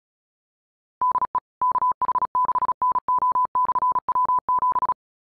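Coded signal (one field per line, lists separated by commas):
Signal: Morse code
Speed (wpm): 36 wpm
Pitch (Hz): 1000 Hz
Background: none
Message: DE KH6NO/W7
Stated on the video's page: High-speed QRQ CW training.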